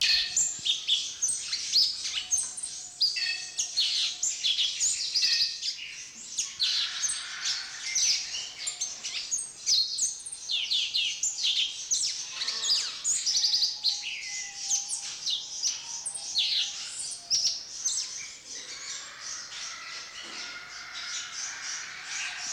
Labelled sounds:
Orange-bellied Euphonia song

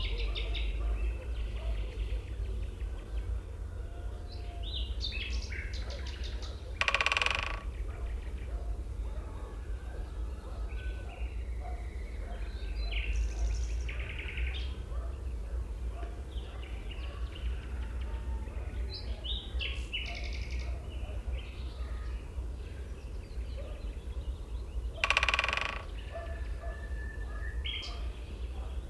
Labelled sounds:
Syrian Woodpecker drumming

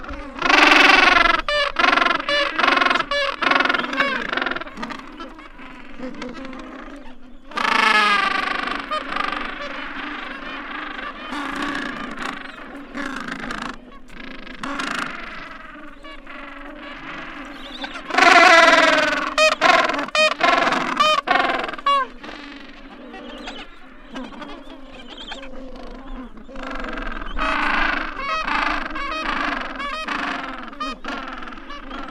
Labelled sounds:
Gentoo Penguin call

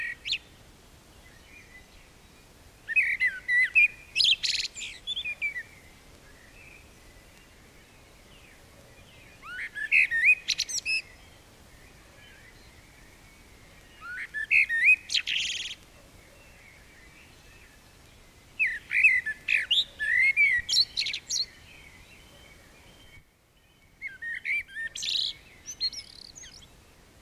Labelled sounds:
Common Blackbird song

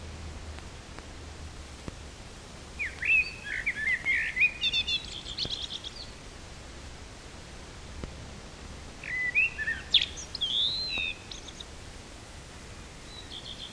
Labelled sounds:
Common Blackbird song

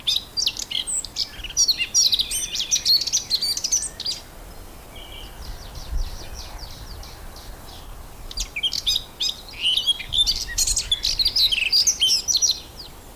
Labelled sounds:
Eurasian Blackcap song

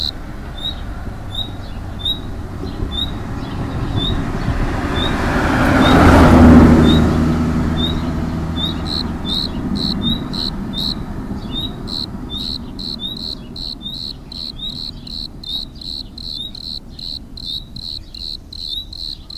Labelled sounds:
Bordeaux Cricket stridulation

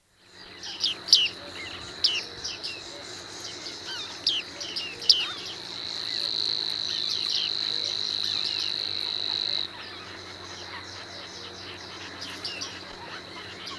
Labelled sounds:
Bearded Reedling call

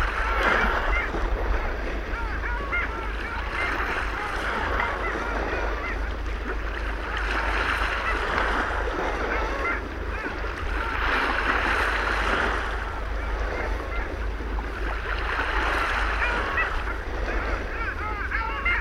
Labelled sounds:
Long-tailed Duck call

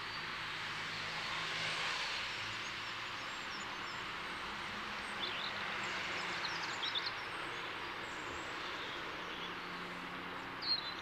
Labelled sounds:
European Robin song

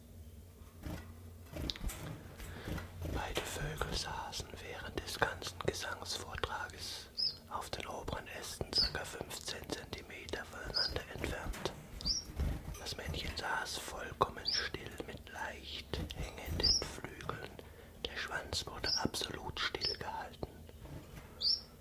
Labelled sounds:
Common Chiffchaff

